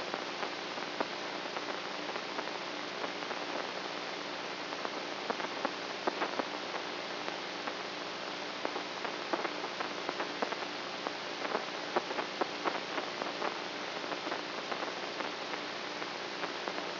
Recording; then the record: brain microelectrode recording played as sound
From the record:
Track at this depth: inside the subthalamic nucleus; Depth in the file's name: 4.001 mm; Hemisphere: right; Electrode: 3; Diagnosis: Parkinson's disease